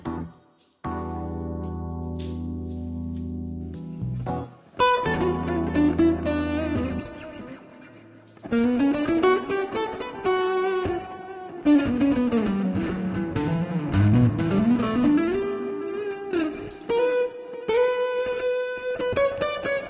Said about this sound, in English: Try with some distortion. Okay.